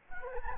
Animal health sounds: mosquito wingbeat signal from an infrared sensor; Anopheles gambiae

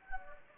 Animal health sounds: mosquito wingbeat signal from an infrared sensor; Anopheles gambiae

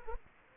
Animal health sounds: mosquito wingbeat signal from an infrared sensor; Culex quinquefasciatus

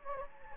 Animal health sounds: mosquito wingbeat signal from an infrared sensor; Anopheles gambiae

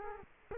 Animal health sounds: mosquito wingbeat signal from an infrared sensor; Culex quinquefasciatus

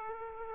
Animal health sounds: mosquito wingbeat signal from an infrared sensor; Aedes aegypti

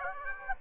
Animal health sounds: mosquito wingbeat signal from an infrared sensor; Aedes aegypti

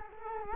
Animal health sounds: mosquito wingbeat signal from an infrared sensor; Culex quinquefasciatus

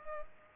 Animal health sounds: mosquito wingbeat signal from an infrared sensor; Culex pipiens

